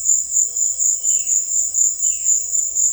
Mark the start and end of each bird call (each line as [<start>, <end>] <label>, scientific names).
[0.98, 2.93] Cyanocorax violaceus